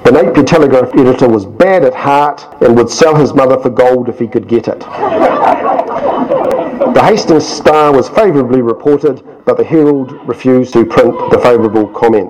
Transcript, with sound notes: The Napier Telegraph Editor was bad at heart, and would sell his mother for gold if he could get it.” [Laughter] The Hastings Star was favourably reported, but the Herald refused to print the favourable comments.